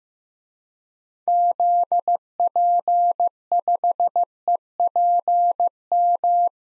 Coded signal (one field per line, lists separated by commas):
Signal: Morse code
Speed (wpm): 15 wpm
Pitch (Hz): 700 Hz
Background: none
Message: ZP5EPM